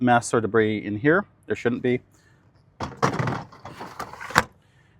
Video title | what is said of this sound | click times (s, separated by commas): 2026 Coachman Pixel exterior walk through | and it just snaps back in. | 4.4 s